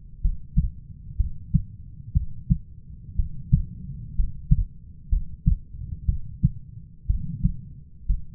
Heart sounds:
heart sounds by stethoscope; 61 bpm
0.21 s: heartbeat
1.17 s: heartbeat
2.13 s: heartbeat
3.16 s: heartbeat
4.15 s: heartbeat
5.09 s: heartbeat
6.06 s: heartbeat
7.07 s: heartbeat
8.06 s: heartbeat
From the record:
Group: healthy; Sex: female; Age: 37 years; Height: 168 cm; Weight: 70 kg

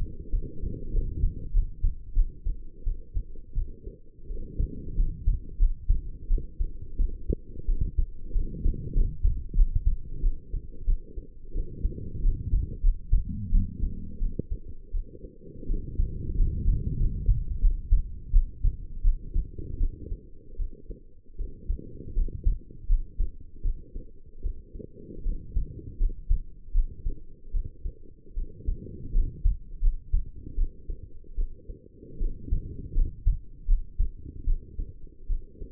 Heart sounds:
heart sounds by stethoscope; 84 bpm
0.31 s: heartbeat
0.91 s: heartbeat
1.52 s: heartbeat
2.14 s: heartbeat
2.84 s: heartbeat
3.55 s: heartbeat
4.27 s: heartbeat
4.96 s: heartbeat
5.58 s: heartbeat
6.28 s: heartbeat
6.97 s: heartbeat
7.66 s: heartbeat
8.33 s: heartbeat
8.94 s: heartbeat
9.55 s: heartbeat
10.21 s: heartbeat
10.85 s: heartbeat
11.53 s: heartbeat
12.21 s: heartbeat
12.81 s: heartbeat
13.50 s: heartbeat
14.19 s: heartbeat
14.92 s: heartbeat
15.67 s: heartbeat
16.36 s: heartbeat
16.97 s: heartbeat
17.60 s: heartbeat
18.31 s: heartbeat
19.02 s: heartbeat
19.78 s: heartbeat
20.57 s: heartbeat
21.37 s: heartbeat
22.14 s: heartbeat
22.87 s: heartbeat
23.63 s: heartbeat
24.42 s: heartbeat
25.23 s: heartbeat
25.98 s: heartbeat
26.72 s: heartbeat
27.52 s: heartbeat
28.34 s: heartbeat
29.12 s: heartbeat
29.80 s: heartbeat
30.56 s: heartbeat
31.36 s: heartbeat
32.19 s: heartbeat
32.94 s: heartbeat
33.66 s: heartbeat
34.45 s: heartbeat
35.27 s: heartbeat
From the record:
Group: healthy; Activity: light exercise 0-5 s, rest 5-36 s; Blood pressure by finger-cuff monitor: 106/70 mmHg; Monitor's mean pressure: 84 mmHg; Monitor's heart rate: 86 bpm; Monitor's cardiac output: 6.9 L/min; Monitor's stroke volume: 78 mL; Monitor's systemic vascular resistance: 900 dyn s/cm5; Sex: female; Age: 22 years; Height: 160 cm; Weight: 45 kg

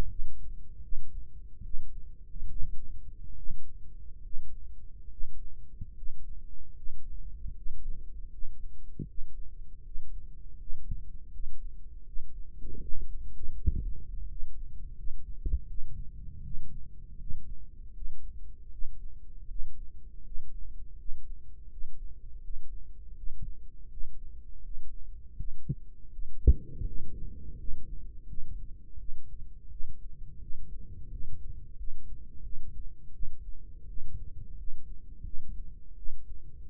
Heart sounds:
heart sounds by microphone in the right ear; 80 bpm
0.08 s: heartbeat
0.81 s: heartbeat
1.62 s: heartbeat
2.47 s: heartbeat
3.33 s: heartbeat
4.20 s: heartbeat
5.07 s: heartbeat
5.93 s: heartbeat
6.72 s: heartbeat
7.52 s: heartbeat
8.28 s: heartbeat
9.04 s: heartbeat
9.81 s: heartbeat
10.56 s: heartbeat
11.30 s: heartbeat
12.03 s: heartbeat
12.78 s: heartbeat
13.54 s: heartbeat
14.26 s: heartbeat
14.94 s: heartbeat
15.66 s: heartbeat
16.41 s: heartbeat
17.17 s: heartbeat
17.92 s: heartbeat
18.69 s: heartbeat
19.46 s: heartbeat
20.22 s: heartbeat
20.95 s: heartbeat
21.68 s: heartbeat
22.40 s: heartbeat
23.14 s: heartbeat
23.87 s: heartbeat
24.61 s: heartbeat
25.35 s: heartbeat
26.09 s: heartbeat
26.83 s: heartbeat
27.56 s: heartbeat
28.26 s: heartbeat
28.96 s: heartbeat
29.68 s: heartbeat
30.38 s: heartbeat
31.08 s: heartbeat
31.75 s: heartbeat
32.41 s: heartbeat
33.11 s: heartbeat
33.86 s: heartbeat
34.55 s: heartbeat
35.23 s: heartbeat
35.94 s: heartbeat
36.68 s: heartbeat
From the record:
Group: healthy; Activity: breath hold 0-27 s, rest 27-37 s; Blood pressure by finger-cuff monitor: 89/58 mmHg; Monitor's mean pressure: 67 mmHg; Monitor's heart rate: 82 bpm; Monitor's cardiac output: 6.2 L/min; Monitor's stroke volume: 76 mL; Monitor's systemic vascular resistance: 780 dyn s/cm5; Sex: female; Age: 22 years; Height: 163 cm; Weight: 67.1 kg

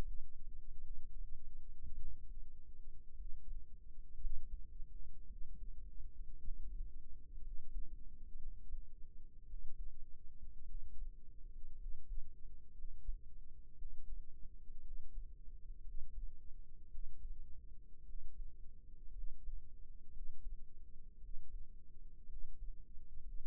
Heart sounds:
heart sounds by microphone in the right ear; 56 bpm
0.81 s: heartbeat
1.96 s: heartbeat
3.15 s: heartbeat
4.18 s: heartbeat
5.27 s: heartbeat
6.39 s: heartbeat
7.41 s: heartbeat
8.36 s: heartbeat
9.44 s: heartbeat
10.65 s: heartbeat
11.76 s: heartbeat
12.73 s: heartbeat
13.76 s: heartbeat
14.81 s: heartbeat
15.82 s: heartbeat
16.89 s: heartbeat
18.04 s: heartbeat
19.12 s: heartbeat
20.11 s: heartbeat
21.19 s: heartbeat
22.26 s: heartbeat
23.22 s: heartbeat
From the record:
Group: healthy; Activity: rest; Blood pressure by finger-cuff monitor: 100/61 mmHg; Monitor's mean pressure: 74 mmHg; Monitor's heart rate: 56 bpm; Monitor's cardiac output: 5.4 L/min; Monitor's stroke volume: 95 mL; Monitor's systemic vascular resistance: 1000 dyn s/cm5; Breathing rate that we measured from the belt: 16 breaths a minute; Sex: male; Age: 22 years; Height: 181 cm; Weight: 79 kg

